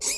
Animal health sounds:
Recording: pig call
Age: weaner (32 to 43 days)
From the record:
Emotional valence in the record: negative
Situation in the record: novel object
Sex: female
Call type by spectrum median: high-frequency call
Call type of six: high-frequency stable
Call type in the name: high-frequency stable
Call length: 0.18 s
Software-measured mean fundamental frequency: 450 Hz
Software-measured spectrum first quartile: 4629 Hz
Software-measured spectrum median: 6506 Hz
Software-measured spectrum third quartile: 7845 Hz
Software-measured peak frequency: 7880 Hz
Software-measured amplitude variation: 96 dB a second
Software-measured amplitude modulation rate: 10.9 a second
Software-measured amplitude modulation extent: 8.7 dB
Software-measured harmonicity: 2.9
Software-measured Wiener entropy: -2.00

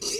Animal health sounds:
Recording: pig call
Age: weaner (32 to 43 days)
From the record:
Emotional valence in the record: negative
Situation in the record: short isolation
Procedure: open field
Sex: female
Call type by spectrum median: high-frequency call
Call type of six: high-frequency stable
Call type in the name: high-frequency stable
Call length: 0.20 s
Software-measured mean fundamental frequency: 417 Hz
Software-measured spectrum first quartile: 798 Hz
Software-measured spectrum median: 4136 Hz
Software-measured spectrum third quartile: 5796 Hz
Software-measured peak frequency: 419 Hz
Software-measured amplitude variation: 93 dB a second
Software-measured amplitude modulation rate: 17.5 a second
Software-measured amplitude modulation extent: 5.3 dB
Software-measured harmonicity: 2.8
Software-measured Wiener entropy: -2.29

